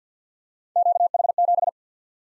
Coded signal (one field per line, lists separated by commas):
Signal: Morse code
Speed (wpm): 51 wpm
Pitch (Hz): 700 Hz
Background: none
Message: QH7